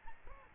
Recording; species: mosquito wingbeat signal from an infrared sensor; Aedes albopictus